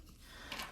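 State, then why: Seated. A toy gun attachment is pushed onto the underside of a plastic pterodactyl zord from the Mighty Morphin Power Rangers Re-ignition Combinable Dino Zords set by Playmate Toys. Over a low, steady background, a short, sharp click sounds at 0.5 s as the gun part locks into place, and the part is seated.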